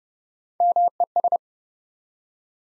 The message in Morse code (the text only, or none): MES